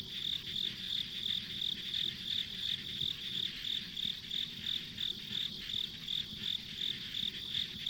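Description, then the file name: Insect calls as a continuous high pulsing chirp, around three beats per second, over quiet low noise. Insects recorded as ambient sound on a country road. "田舎道の虫の環境音"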